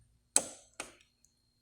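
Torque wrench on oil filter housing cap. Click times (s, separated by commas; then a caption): 0.4 s. A click-type torque wrench set to 25 Nm tightens the plastic oil filter housing cap on a BMW E46 engine. The wrench head gives a little and snaps with a sharp click at 0.4 s, followed by a second, fainter click at 0.8 s. The click means the 25 Nm torque has been reached.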